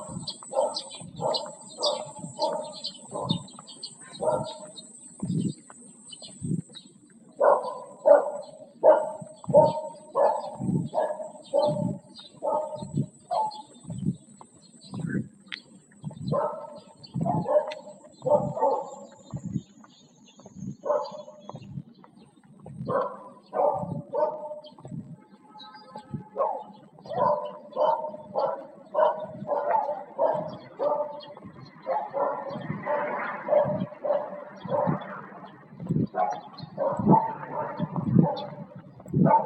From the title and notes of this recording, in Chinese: 清凉的晨风鸟叫。莫如早出来吹吹凉风，听听鸟叫。